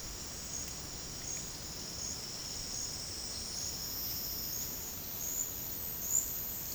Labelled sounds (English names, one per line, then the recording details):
none
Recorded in dense forest near Puerto Asís, Putumayo, Colombia, on 18 February 2024 at 11:30
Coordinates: 0.485, -76.325
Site G6429